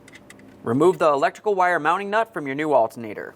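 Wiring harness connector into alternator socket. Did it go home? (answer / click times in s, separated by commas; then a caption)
yes / 0.3 s. The lower wiring harness connector is pressed into the socket of a new alternator on a 2004–2010 BMW X3, with a short sharp click at 0.3 s among faint ticks near the start. The connector is then tugged to check that it is secure, so it is seated. From about 0.7 s someone talks over the rest of the clip.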